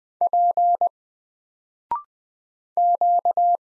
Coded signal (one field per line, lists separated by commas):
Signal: Morse code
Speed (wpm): 20 wpm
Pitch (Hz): 700 Hz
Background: none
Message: P Q